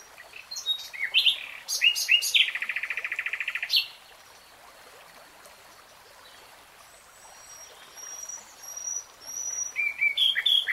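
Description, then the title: Nightingale song: sharp notes and a fast churring trill, a pause, then soft drawn-out whistles and louder phrases near the end. "[Tiếng chim hót] Nightingale Singing"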